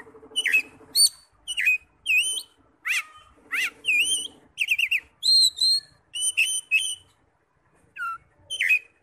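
Oriental magpie-robin song of bright whistled and slurred notes in separate bursts, with a soft lower buzzing hum beneath some phrases.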